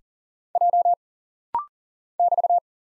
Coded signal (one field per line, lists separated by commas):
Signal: Morse code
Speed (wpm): 40 wpm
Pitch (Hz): 700 Hz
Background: none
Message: J <BT>